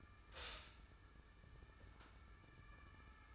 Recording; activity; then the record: daily activity, microphone in the room; stop toaster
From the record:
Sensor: 2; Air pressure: 994.3 hPa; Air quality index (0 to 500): 205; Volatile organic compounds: 1000 ppm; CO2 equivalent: 6752 ppm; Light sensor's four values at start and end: 83/195/80/78 and 84/195/80/79